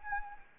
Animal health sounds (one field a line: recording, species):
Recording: mosquito wingbeat signal from an infrared sensor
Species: Anopheles arabiensis